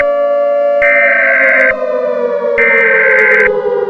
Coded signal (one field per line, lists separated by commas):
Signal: Emergency Alert System (SAME) tones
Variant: header bursts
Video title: The Great Serial Killer Spree: a serial killer EAS Scenario